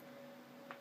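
A dagger blade is inserted the other way round into a wooden faux-leather sheath and the locking action is done. Against a steady low hum, one sharp tick sounds at 0.7 s as the dagger locks into the sheath, seated.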